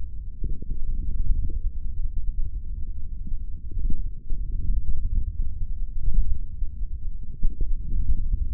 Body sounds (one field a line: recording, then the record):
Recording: forearm muscle sounds (acoustic myography)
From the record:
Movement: hand opening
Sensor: system 3, bracelet of six PUI Audio POM-2738L microphones around the upper forearm, with dedicated amplification and filtering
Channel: 6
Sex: male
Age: 23 years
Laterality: right